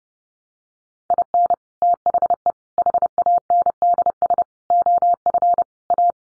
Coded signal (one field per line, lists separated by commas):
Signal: Morse code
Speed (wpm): 30 wpm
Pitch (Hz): 700 Hz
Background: none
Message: IN THE HANDS OF A